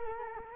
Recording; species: mosquito wingbeat signal from an infrared sensor; Culex quinquefasciatus